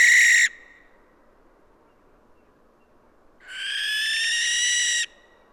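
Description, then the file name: Western barn owl: the end of one harsh screech, a silent pause, then another long, noisy, hissing screech. "Western Barn Owl Tyto alba"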